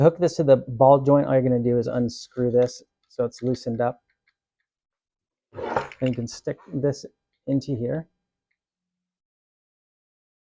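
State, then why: Not seated. A tablet holder's ball joint is handled at the loosened socket of a gooseneck mount while someone talks, with short handling noises around 5.8 to 5.9 seconds. Nothing has seated or clicked yet; the clip ends before the ball joint goes into the holder socket.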